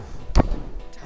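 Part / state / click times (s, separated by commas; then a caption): rod holder on its rotating mount column / seated / 0.4 s. A kayak rod holder is rotated on its 360-degree mount column to a new direction and snaps into a locked position. A single sharp, loud snap sounds at 0.4 s over low background noise. The holder is locked into place.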